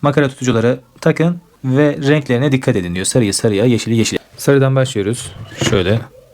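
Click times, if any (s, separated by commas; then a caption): none. A yellow plastic filament spool holder is being handled at its mount on the filament changer unit of a Bambu Lab A1 while someone talks throughout. Nothing has seated or clicked yet; the clip ends just before the holder goes home.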